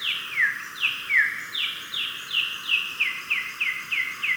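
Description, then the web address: Olive tanager song: a steady series of sharp, falling slurred notes, about thirteen in four and a half seconds. Recorded in Ecuador. "Birds of Ecuador. Olive Tanager"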